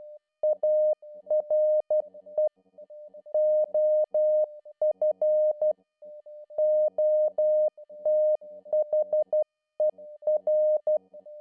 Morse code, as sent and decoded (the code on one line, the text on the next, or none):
.- .-. . / --- ..-. / --- - .... . .-.
ARE OF OTHER